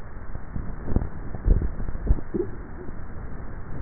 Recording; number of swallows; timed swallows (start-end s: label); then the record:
swallowing sounds by neck microphone; 1
1.35-1.92 s: swallow
From the record:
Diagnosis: dysphagia